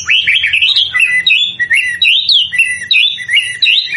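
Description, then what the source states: White-rumped shama singing a continuous loud warbling series of looping whistled phrases, rising and falling rapidly. Lure used to make the bird respond; bird described as gacor (energetic, frequent singer).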